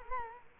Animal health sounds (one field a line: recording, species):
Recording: mosquito wingbeat signal from an infrared sensor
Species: Culex quinquefasciatus